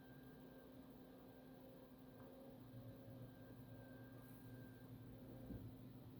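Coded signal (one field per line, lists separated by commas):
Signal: FT8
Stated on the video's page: FT8 on 80 meters overnight from the west coast working Asia and North America, IC-7610 with WSJT-X, 160 meter loop antenna at 100 feet.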